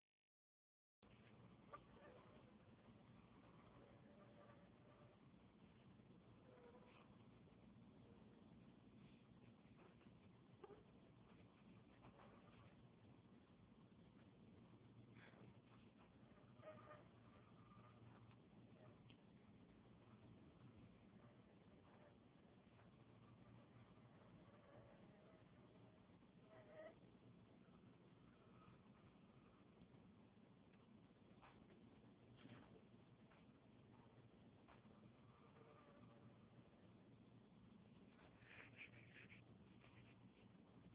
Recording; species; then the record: mosquito flight sound by mobile phone; Anopheles freeborni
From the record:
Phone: Huawei 866C